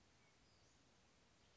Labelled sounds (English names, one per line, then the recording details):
Western Flycatcher
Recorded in Sonoma County, California